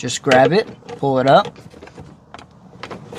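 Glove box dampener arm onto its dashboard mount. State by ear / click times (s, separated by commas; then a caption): seated / 2.8 s. Someone talks, then lifts the glove box dampener arm of a 2007–2012 Hyundai Santa Fe and pushes it onto its plastic dashboard mount. Small clicks and handling noises follow, and at 2.8 s a sharp pop is heard as the dampener seats in place.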